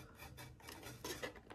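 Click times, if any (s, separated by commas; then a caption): none. A wooden piece is handled and pressed toward a clip joint on a wooden assembly, making dry rasping and rubbing scrapes with a brief, sharper knock around 1.2 seconds. Nothing has seated or clicked yet; the part is not yet home when the clip ends.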